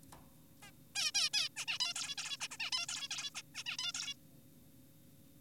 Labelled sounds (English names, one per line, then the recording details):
Zebra Finch
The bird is an adult
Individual g4p5U